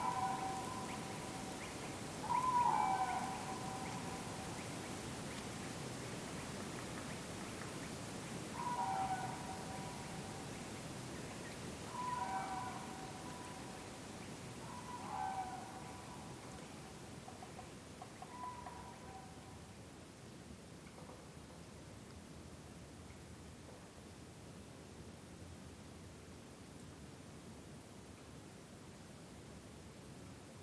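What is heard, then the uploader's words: Woodland atmosphere with a steady, soft hiss of air and leaves throughout. A bird calls in short, clear phrases around three, nine, twelve, fifteen and nineteen seconds, then falls silent, leaving only the even rushing background for the final stretch. MAFX001 Woodland Atmosphere 1.1 Demo. Recordings from forests in Sweden, Romania and Scotland.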